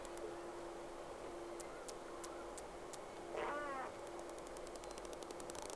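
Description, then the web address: Whale call: one brief wavering, harmonic cry midway through, surrounded by scattered sharp clicks and a steady underlying hum. Two whales, recorded 3 October 2006, round 1. "Sea Snake 10-3-06 Whales X 2 11-30 Round 1"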